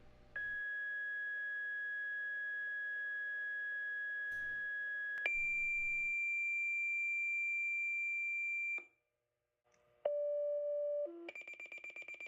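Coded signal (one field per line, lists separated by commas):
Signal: two-tone page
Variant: fire department two-tone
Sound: steady high tone for five seconds, a higher tone, then low tones and rapid pager beeps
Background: small room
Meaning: The pager was triggered by its department's tone pair, signalling a fire call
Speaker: Yeah. So that beeping is yours getting triggered. So, what happens is there's a whole bunch of different pre-programmed tones, and each tone has two pitches.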